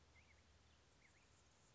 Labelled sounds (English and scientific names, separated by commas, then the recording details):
Anna's Hummingbird (Calypte anna)
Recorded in Sonoma County, California